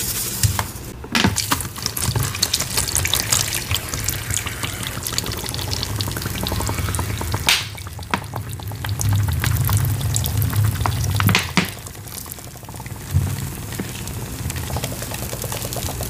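Pouring and powder play with a steady crackling sizzle that runs through the whole clip, dense and fine-grained, over a low rumbling bed. Sharp bright clicks or taps break through near 1, 7.5 and 11.5 seconds, with a softer bump around 13 seconds.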